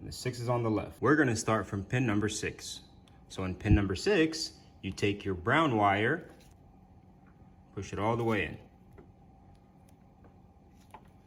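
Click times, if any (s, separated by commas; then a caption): 10.9 s. Someone talks while a brown wire's crimped metal terminal is pushed all the way into slot 6 of a plastic taillight connector housing during an LCI tail light re-pin on a BMW G30/F90. After the talking stops there are a few faint ticks, then a small sharp click at 10.9 s as the pin seats and locks in the housing.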